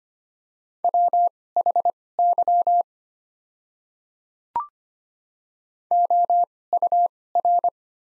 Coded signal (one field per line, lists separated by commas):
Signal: Morse code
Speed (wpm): 25 wpm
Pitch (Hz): 700 Hz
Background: none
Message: WHY OUR